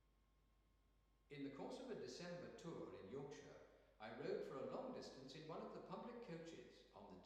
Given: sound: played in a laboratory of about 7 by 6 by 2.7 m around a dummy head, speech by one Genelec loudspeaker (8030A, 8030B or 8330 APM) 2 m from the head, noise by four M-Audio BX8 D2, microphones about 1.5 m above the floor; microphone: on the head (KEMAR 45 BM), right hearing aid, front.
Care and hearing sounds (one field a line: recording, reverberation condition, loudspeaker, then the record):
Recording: male speech in English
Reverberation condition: high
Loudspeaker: 120 degrees to the right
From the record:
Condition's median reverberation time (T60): about 1300 ms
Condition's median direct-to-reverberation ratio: about -4.0 dB